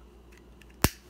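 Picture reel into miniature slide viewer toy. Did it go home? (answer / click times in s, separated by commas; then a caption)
yes / 0.8 s. A small plastic picture reel is pushed into a tiny plastic miniature slide viewer toy. After a few faint ticks, one sharp, loud snap sounds at 0.8 s as the reel seats in place.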